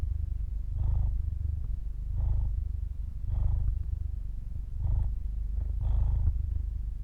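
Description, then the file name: A cat's purr, low and continuous, rising and easing in regular breath cycles, with faint airy puffs on each. Purr recorded at the cat's throat. "freesound cat purr"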